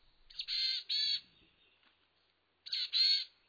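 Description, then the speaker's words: Boreal chickadee call: two bursts of hoarse, buzzy notes, each opening with a brief lead-in note, separated by a pause. Heard in the dense spruce forests of Canada. "listen in the dense spruce forests of Canada for the call of the boreal chickadee."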